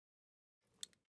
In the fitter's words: Voilà, donc il faut bien qu'on entende le petit clic.